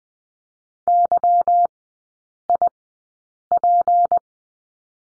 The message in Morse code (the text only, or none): YIP